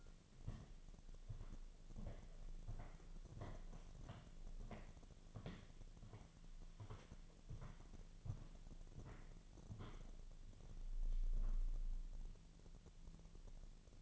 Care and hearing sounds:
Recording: daily activity, microphone in the room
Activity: walk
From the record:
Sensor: 4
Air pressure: 1009.1 hPa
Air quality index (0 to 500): 169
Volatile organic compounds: 4 ppm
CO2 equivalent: 1703 ppm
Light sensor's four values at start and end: 24/76/29/28 and 24/76/29/28

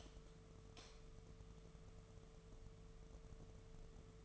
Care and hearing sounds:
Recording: daily activity, microphone in the room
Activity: light on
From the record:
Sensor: 4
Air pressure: 1015.4 hPa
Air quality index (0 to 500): 172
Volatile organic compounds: 7 ppm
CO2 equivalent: 1990 ppm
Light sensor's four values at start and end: 16/36/15/14 and 16/39/16/16

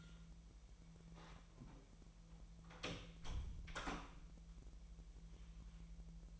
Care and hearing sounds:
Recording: daily activity, microphone in the room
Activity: close door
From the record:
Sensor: 1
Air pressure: 1001.3 hPa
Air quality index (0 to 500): 250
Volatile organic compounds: 140 ppm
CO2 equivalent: 3978 ppm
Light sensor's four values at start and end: 13/32/13/14 and 13/31/13/14

